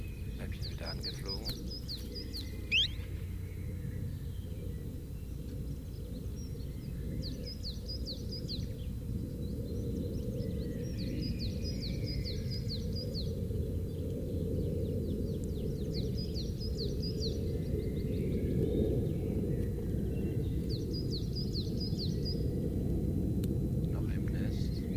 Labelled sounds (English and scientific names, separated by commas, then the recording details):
Common Chiffchaff (Phylloscopus collybita) call
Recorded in the wild
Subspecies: collybita
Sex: female
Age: adult
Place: St. Johann bei Reutlingen, Schwäbische Alb, Baden-Württemberg, DE
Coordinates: 48.45, 9.35
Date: 1969-05-14
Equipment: Nagra III PH, MD 211, LGS26
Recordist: Schneider, Hans-Joachim